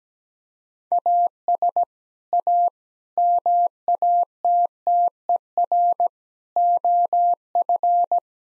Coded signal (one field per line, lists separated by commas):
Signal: Morse code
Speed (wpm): 17 wpm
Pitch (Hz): 700 Hz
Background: none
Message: AS A MATTER OF